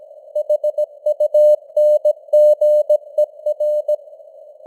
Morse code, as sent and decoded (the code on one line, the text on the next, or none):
.... ..- -. --. . .-.
HUNGER